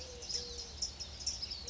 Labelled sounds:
Eurasian Collared Dove (Streptopelia decaocto)
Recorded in Sonoma County, California

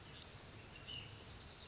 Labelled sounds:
Ash-throated Flycatcher (Myiarchus cinerascens)
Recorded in Sonoma County, California

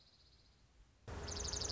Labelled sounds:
Dark-eyed Junco (Junco hyemalis)
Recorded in Sonoma County, California

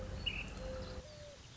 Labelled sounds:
Mourning Dove (Zenaida macroura)
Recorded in Sonoma County, California

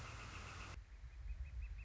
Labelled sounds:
Northern Flicker (Colaptes auratus)
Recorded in Sonoma County, California

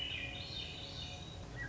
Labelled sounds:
Swainson's Thrush (Catharus ustulatus)
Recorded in Sonoma County, California

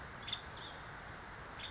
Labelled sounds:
Nuttall's Woodpecker (Dryobates nuttallii)
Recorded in Sonoma County, California

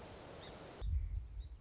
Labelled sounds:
Song Sparrow (Melospiza melodia)
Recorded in Sonoma County, California

